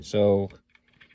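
Someone talks briefly while handling a Mossberg MC1sc compact pistol during reassembly, working the slide/takedown part against the pistol frame. A few faint light taps follow at about 0.8 to 1.0 seconds, but nothing has seated or locked in place yet.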